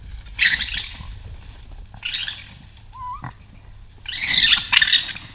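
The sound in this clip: Raccoon making rough, screechy squalls, two short ones, then a longer, louder burst near the end, with a short wavering whistle in between.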